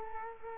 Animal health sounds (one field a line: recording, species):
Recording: mosquito wingbeat signal from an infrared sensor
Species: Culex quinquefasciatus